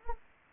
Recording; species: mosquito wingbeat signal from an infrared sensor; Anopheles arabiensis